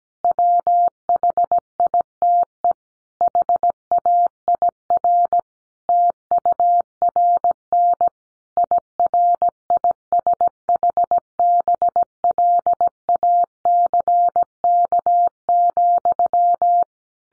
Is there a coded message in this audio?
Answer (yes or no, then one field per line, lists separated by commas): yes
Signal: Morse code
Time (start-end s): 0.2-16.8 s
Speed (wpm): 17 wpm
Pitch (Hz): 700 Hz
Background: none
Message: WHITE HAIR TURN IRISH BLACK,